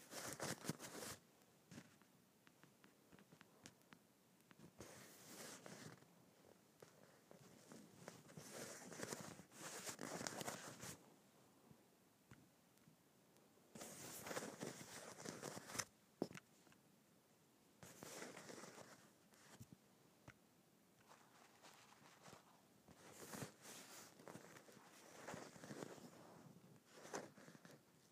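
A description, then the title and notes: Bumpy leather is scratched in bursts of rough, rasping strokes that reach from low to bright. The bursts come every few seconds, some dense, some thin, near 1, 5, 9, 14, 18 and 23 seconds. Quieter gaps of faint scraping fall between them. ASMR Scratching Bumpy Leather.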